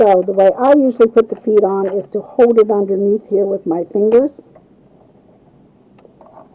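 Someone talks for the first four seconds while holding a snap-on presser foot with their fingers underneath the presser foot holder of a Pfaff Smarter 140s/160s sewing machine, lining it up before the holder is lowered onto its pin. After the talking stops, only quiet handling follows, with a few faint small taps around 6.0 to 6.2 seconds. The foot has not snapped onto the pin yet.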